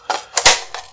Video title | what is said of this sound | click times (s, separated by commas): The Brownells BRN-180 Gen 2 | you see that pops right in place locks over just like it's supposed to | 0.4 s